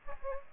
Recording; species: mosquito wingbeat signal from an infrared sensor; Aedes aegypti